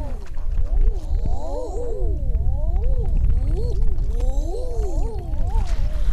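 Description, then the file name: Common eider cooing, drawn-out arching moans from several birds, some rising and falling in quick pairs, over a heavy low rumble. Svalbard, 9 June 2010. "eider duck 09062010 svalbard"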